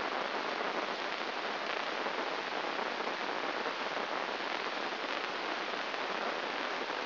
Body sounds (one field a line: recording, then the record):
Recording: brain microelectrode recording played as sound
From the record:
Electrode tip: inside the subthalamic nucleus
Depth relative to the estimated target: -0.5 mm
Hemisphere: right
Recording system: AlphaMap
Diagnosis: Parkinson's disease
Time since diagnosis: 7 years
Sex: female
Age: 49 years